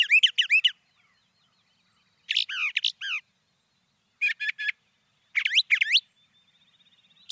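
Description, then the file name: Brown thrasher singing varied phrases of rapid repeated notes and rising slurs, in clusters with short breaks. "suara-kicauan-brown-thrasher 2-omkicau"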